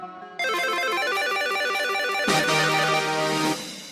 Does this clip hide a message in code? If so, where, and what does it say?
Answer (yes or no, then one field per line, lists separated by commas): no